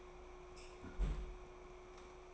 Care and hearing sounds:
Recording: daily activity, microphone in the room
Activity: close fridge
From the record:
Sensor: 1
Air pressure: 1004.6 hPa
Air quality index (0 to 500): 194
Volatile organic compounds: 17 ppm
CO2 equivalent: 2568 ppm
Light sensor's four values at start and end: 4/10/4/4 and 4/10/4/4

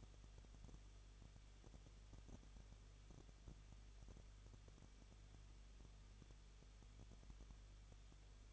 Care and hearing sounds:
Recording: daily activity, microphone in the room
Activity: no activity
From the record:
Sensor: 4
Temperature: 23.0 degrees Celsius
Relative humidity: 34.1%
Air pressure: 1007.4 hPa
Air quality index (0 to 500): 214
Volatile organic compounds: 14 ppm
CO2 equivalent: 2461 ppm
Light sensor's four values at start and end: 2/3/1/1 and 2/3/1/1

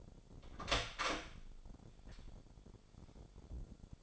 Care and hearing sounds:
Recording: daily activity, microphone in the room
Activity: open door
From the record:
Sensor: 5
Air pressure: 1007.4 hPa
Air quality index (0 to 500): 163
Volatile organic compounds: 4 ppm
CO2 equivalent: 1563 ppm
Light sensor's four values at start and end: 57/163/63/63 and 57/161/62/62

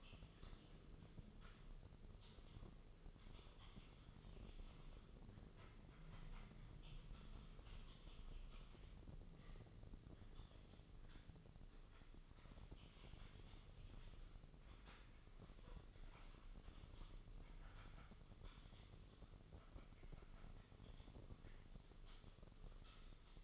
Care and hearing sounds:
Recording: daily activity, microphone in the room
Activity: typing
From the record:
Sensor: 4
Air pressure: 996.0 hPa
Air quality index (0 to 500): 64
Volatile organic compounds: 2 ppm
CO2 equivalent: 1142 ppm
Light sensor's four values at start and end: 14/39/14/14 and 14/39/14/15

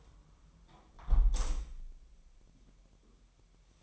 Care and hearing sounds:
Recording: daily activity, microphone in the room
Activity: close window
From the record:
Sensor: 1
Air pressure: 1000.2 hPa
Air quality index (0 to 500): 246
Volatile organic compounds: 136 ppm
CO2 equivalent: 3960 ppm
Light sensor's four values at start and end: 11/27/11/12 and 11/26/10/11

